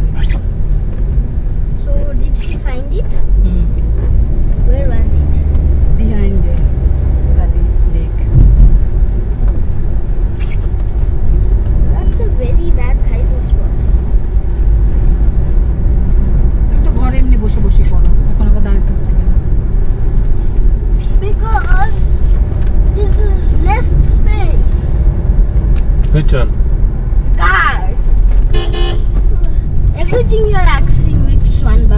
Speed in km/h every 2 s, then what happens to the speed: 27, 28, 35, 41, 41, 41, 44, 46, 49, 46, 44, 47, 48, 38, 29, 31.
0-6 speeds up to 41. 10-15 speeds up to 49. 15-25 steady at about 47. 25-28 brakes to 29.